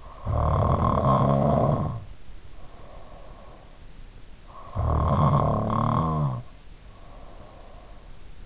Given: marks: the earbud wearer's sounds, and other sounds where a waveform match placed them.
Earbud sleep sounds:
sounds in sleep by an in-ear microphone; snoring breath
0.00-3.88 s: snoring breath
4.51-8.06 s: snoring breath

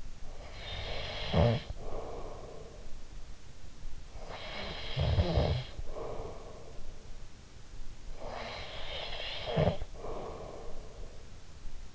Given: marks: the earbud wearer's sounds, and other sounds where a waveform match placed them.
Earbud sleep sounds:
sounds in sleep by an in-ear microphone; snoring breath
0.00-3.34 s: snoring breath
3.76-7.27 s: snoring breath
7.53-11.95 s: snoring breath

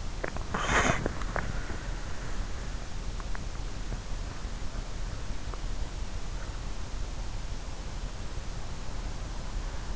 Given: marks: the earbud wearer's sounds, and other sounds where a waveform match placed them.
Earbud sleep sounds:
sounds in sleep by an in-ear microphone; swallowing, breath
0.00-1.89 s: swallowing
0.51-1.18 s: breath

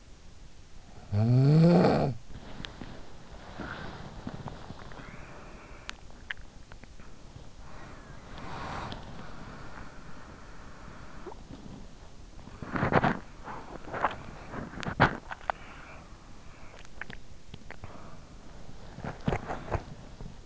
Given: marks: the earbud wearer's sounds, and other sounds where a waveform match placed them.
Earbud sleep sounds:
sounds in sleep by an in-ear microphone; snoring breath, body movement, teeth grinding, swallowing
0.48-2.56 s: snoring breath
3.02-20.46 s: body movement
5.65-6.55 s: teeth grinding
16.78-18.43 s: swallowing

